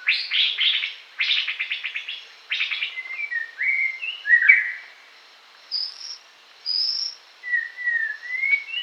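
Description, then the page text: White-rumped shama song: rapid buzzy trills at first, then varied clear whistled phrases, some rising, some falling, with short pauses between them. "White-Rumped Shama Song. Quick Sounds"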